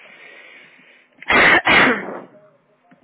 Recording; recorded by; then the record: voluntary cough; telephone call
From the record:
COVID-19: negative